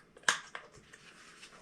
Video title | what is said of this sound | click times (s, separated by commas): Style, Size, and Shape: The Trifecta of Motorcycle Helmets | it's just magnetic so it snaps right in | 0.3 s